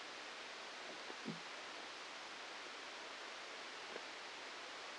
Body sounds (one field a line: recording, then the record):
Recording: brain microelectrode recording played as sound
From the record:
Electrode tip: outside the subthalamic nucleus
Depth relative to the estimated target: 2 mm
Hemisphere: left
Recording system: NeuroSet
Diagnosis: Parkinson's disease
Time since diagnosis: 8 years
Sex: male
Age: 37 years